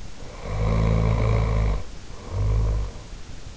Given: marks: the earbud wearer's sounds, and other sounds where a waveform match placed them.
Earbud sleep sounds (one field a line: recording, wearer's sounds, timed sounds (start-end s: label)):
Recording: sounds in sleep by an in-ear microphone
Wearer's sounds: snoring breath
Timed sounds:
0.06-3.18 s: snoring breath